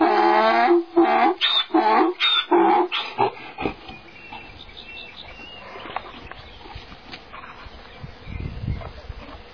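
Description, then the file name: Donkey bray as a quick series of harsh harmonic pulses over the first few seconds, then quieter background noise. "ragliata"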